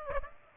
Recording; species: mosquito wingbeat signal from an infrared sensor; Aedes aegypti